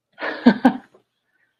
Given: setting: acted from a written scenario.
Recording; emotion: vocal sound without words; amusement